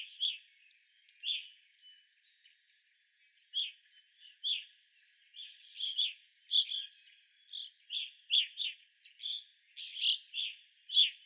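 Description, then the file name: Evening grosbeak calls: short, clear chirping notes repeated irregularly throughout. Recorded 25 April 2021; several evening grosbeaks. "2021-04-25 Evening Grosbeaks"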